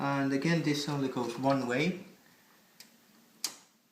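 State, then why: Seated. Someone talks for about two seconds, then a CPU power cable plug, which fits only one way, is pushed into the motherboard power header. A faint tick comes at 2.8 s and a sharp click at 3.5 s as the plug seats in place.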